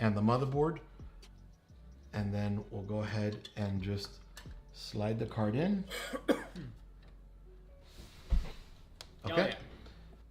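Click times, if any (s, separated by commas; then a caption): 9.0 s. A graphics card is slid into a motherboard's PCIe slot until the slot's retention latch locks it in place. Someone talks, then a short, sharp click is heard at 9.0 s, and the card is seated.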